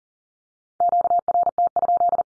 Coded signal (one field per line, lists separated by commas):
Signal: Morse code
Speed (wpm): 38 wpm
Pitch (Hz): 700 Hz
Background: none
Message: QRT?